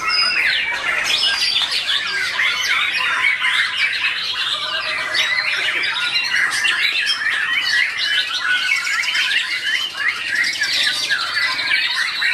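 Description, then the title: Oriental magpie-robin delivering a long, varied song of squeaky, whistled and buzzy notes strung together rapidly and continuously. "Kicau Kacer"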